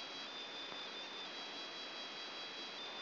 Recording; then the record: brain microelectrode recording played as sound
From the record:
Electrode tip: inside the subthalamic nucleus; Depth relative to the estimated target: -2 mm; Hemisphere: left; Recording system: AlphaMap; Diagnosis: Parkinson's disease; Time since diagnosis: 11 years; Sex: male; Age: 50 years